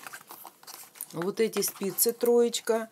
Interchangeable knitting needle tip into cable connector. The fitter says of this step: вот этот один который в клик клик вот